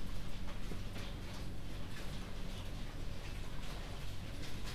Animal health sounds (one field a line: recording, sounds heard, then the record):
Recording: poultry house recording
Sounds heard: no chicken sound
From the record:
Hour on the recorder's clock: 21